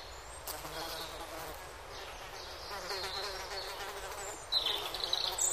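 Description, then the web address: Honey bees buzzing in a steady droning hum throughout, with high chirping birds calling over it and a louder burst of birdsong near the end. Bees at an apiary in a forest during the day, with birds singing. "pasieka w lesie w dzien slychac pszczoly ptaki spiewaja"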